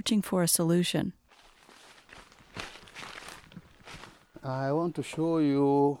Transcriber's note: footsteps